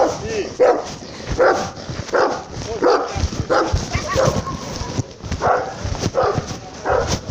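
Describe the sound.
A dog barks in a steady series of short, sharp yaps, about one or two per second, with high whimpering whines between barks and a voice occasionally underneath.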